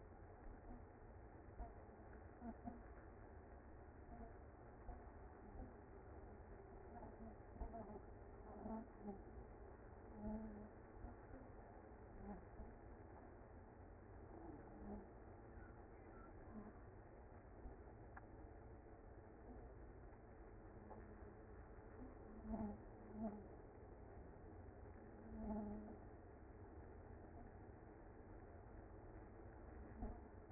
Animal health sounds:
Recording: honeybee colony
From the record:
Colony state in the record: active

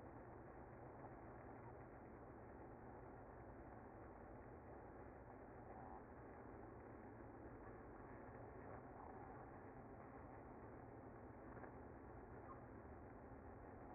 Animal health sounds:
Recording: honeybee colony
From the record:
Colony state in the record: active

